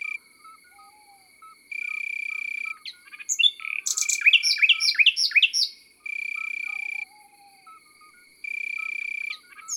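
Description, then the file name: Common nightingale song: a burst of rapid rising slurred notes and buzzy elements midway, between steady high tonal buzzes that switch on and off, with faint soft whistles below. Recorded in the countryside. "Rossignol philomele Chants doiseaux dans la campagne"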